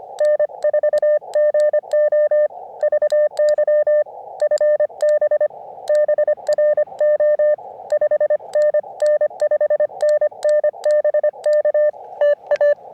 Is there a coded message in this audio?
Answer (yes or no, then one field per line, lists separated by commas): yes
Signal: Morse code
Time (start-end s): 0.2-12.7 s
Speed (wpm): 26 wpm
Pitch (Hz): 590 Hz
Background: none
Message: N4GO VY FB BRO 5NN 5NN BK TA